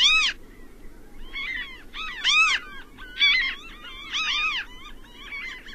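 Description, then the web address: Ring-billed gull calling in loud, strident mewing cries that rise and fall, about one burst per second, over a low background hum. Recorded in North America. "Songs of Birds of North America Stokes. Ring-billed Gull"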